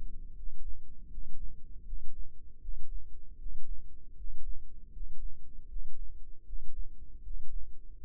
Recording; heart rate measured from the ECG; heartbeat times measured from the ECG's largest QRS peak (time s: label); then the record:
heart sounds by microphone in the left ear; 79 bpm
0.33 s: heartbeat
1.08 s: heartbeat
1.83 s: heartbeat
2.59 s: heartbeat
3.36 s: heartbeat
4.14 s: heartbeat
4.90 s: heartbeat
5.67 s: heartbeat
6.44 s: heartbeat
7.21 s: heartbeat
7.97 s: heartbeat
From the record:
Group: healthy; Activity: rest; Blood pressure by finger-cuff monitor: 103/66 mmHg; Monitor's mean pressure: 74 mmHg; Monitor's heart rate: 78 bpm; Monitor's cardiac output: 6.4 L/min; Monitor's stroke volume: 82 mL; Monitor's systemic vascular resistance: 840 dyn s/cm5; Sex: male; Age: 35 years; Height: 180 cm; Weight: 86.9 kg